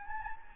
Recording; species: mosquito wingbeat signal from an infrared sensor; Anopheles gambiae